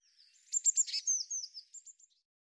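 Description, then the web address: Bird calls: a jumble of high buzzy notes and thin twitters, fading into a few short chirps at the end. "cianscape birddata Deverinetal 2025 Bird Cy Ca"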